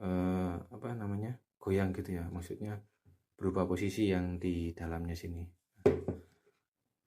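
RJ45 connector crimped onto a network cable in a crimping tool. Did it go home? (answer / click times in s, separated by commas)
yes / 5.9 s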